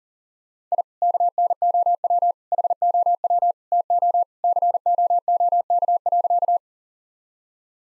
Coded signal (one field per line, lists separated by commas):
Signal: Morse code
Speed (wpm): 40 wpm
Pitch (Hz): 700 Hz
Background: none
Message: I KNOW HOW TO COOK.